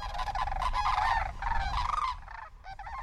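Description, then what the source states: Sandhill crane calls: loud rolling, trumpeting rattles over low rumbling background noise. Cranes departing Homer, Alaska, in early September, heading to California's Central Valley; local population about 200 birds.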